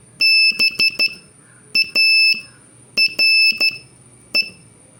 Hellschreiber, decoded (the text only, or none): none